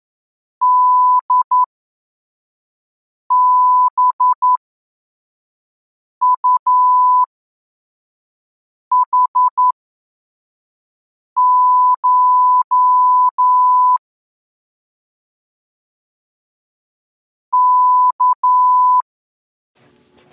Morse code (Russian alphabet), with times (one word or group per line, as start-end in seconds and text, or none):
0.6-14.0 ДБУХШ
17.5-19.0 К